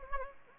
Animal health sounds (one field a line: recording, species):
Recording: mosquito wingbeat signal from an infrared sensor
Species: Anopheles gambiae